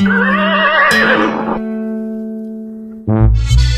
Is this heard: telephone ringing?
no